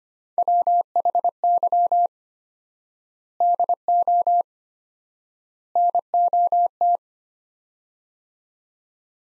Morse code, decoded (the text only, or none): WHY DO NOT